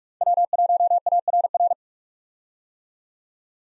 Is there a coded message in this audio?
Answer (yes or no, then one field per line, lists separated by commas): yes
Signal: Morse code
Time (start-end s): 0.2-1.7 s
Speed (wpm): 46 wpm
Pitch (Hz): 700 Hz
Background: none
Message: W1ARR